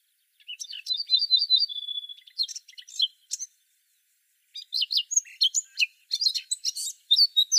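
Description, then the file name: Eurasian blackcap song: a repeated whistled trill sliding into a steady tone, some scratchy notes, a brief pause, then a lively, chattering warble. "Sylvia atricapilla"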